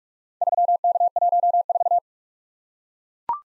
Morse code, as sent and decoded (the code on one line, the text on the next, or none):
...-- -.- .---- ....-
3K14